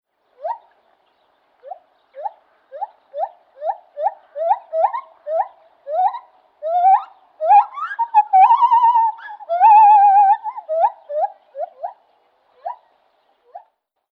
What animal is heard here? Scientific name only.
Hylobates lar